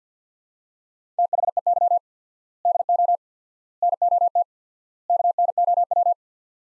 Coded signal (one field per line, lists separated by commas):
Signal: Morse code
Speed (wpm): 50 wpm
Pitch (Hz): 700 Hz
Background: none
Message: THEY DO NOT KNOW